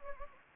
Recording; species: mosquito wingbeat signal from an infrared sensor; Anopheles gambiae